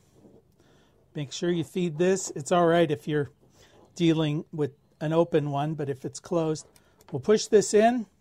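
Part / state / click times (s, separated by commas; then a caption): crimped pin contact into male MC4 connector housing / not seated / none. A crimped pin contact is handled for pushing into a male MC4 connector housing while someone talks throughout. Nothing has clicked or seated yet.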